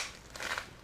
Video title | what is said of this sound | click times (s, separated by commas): Limitless Gear OPFOR Overview | down on this to hear it click a little hard which is sort of good you | 0.4 s, 0.6 s